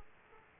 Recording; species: mosquito wingbeat signal from an infrared sensor; Aedes aegypti